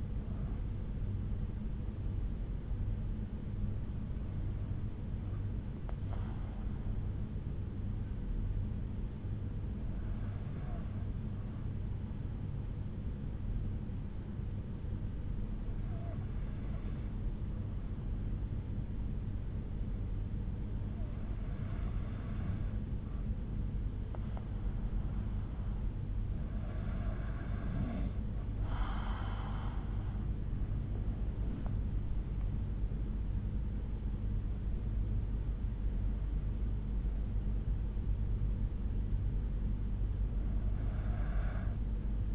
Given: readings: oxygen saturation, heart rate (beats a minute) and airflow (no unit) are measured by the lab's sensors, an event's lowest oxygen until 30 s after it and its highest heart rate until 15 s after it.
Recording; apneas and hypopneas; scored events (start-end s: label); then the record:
breathing in sleep by a smartphone at the bedside; 1
7.00-25.60 s: hypopnea (N2, oxygen 94% highest, then 91% lowest)
From the record:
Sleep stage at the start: N2 (light sleep); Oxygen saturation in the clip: 91 to 94%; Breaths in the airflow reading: 8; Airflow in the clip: -8.5 to 7.2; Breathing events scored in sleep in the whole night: 368 in 8.0 hours asleep